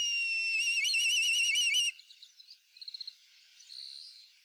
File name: black kite